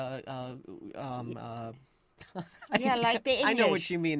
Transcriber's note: laughs